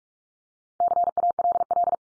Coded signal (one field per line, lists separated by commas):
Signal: Morse code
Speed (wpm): 44 wpm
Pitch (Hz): 700 Hz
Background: none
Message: CALL